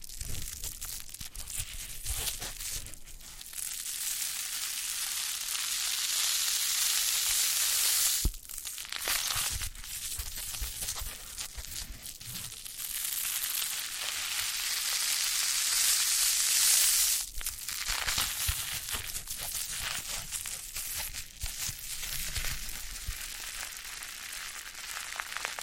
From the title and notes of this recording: ASMR Brain Melting Foam Massage for Sleep (No Talking).